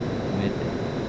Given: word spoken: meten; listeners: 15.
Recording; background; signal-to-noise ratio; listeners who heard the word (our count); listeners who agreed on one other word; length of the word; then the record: one Spanish word in noise, from a listening test; speech-shaped noise; -4.5 dB; 0 of 15; 7 of 15; 0.69 s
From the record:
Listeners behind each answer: 7, 1, 1, 1, 1, 1, 1, 1, 1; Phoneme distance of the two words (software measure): 7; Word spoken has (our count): 2 syllables, 5 phonemes, stress on syllable 1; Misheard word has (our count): 2 syllables, 4 phonemes, stress on syllable 1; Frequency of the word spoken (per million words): 4.65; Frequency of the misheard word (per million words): 12.17